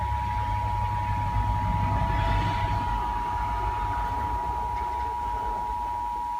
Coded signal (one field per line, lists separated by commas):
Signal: Emergency Alert System (SAME) tones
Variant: 853 and 960 Hz attention tone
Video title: The Emergency Alert System's National Periodic Test... [READ DESC]